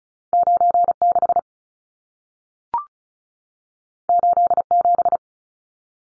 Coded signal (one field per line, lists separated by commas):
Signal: Morse code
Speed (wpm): 36 wpm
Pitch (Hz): 700 Hz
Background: none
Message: 96 87